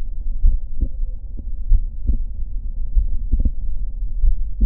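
Adult heart heard by stethoscope with the patient sitting: normal physiologic splitting of the second heart sound (S2).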